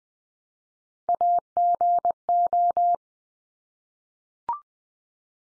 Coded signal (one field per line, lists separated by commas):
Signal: Morse code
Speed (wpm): 20 wpm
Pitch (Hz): 700 Hz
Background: none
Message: AGO